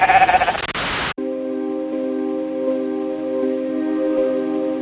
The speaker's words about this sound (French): Les journalistes découvrent alors une petite brebis qui, effrayée par toute cette agitation, bêle. Elle s'appelle Dolly.